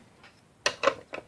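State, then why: Released. A plastic grater or blade insert is unhooked from the frame of an IDIQIB 15-in-1 manual vegetable slicer to swap blades. A sharp hit sounds at 0.7 s as the insert comes off and releases, followed by a few lighter clatters around 0.9, 1.1 and 1.3 s.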